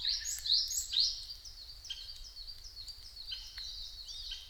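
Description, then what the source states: Narcissus flycatcher song: clear whistled phrases, some sliding up and down, repeated quickly, with loud notes at the start and softer short calls after, over faint low rumble. Recorded 5 May 2008 at 07:22.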